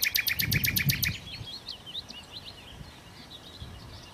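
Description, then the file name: Common nightingale delivering a rapid series of hard, repeated strokes for about a second, followed by soft warbling notes. "Nachtigall"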